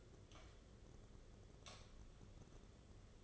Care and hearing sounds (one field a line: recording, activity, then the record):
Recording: daily activity, microphone in the room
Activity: light on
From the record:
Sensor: 4